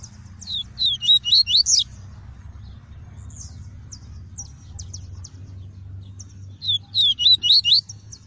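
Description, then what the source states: Double-collared seedeater song: a fast burst of high, looping whistled notes, repeated after a pause, with soft scattered chips between and a low hum beneath. Song of the "tui-tui" variety.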